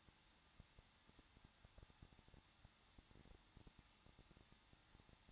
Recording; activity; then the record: daily activity, microphone in the room; no activity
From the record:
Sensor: 3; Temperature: 21.2 degrees Celsius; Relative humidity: 36.3%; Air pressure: 1006.3 hPa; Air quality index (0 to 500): 222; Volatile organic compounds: 41 ppm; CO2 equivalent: 3171 ppm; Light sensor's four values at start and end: 2/3/2/2 and 2/3/2/2